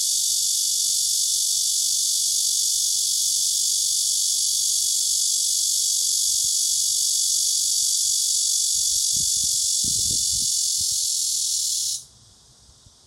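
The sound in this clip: Cicada giving a loud, steady, high-pitched buzz that holds unbroken for about twelve seconds over a few soft low thumps, then cuts off abruptly, leaving a faint hiss.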